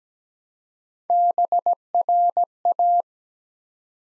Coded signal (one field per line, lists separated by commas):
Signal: Morse code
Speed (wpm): 17 wpm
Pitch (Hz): 700 Hz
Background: none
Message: BRA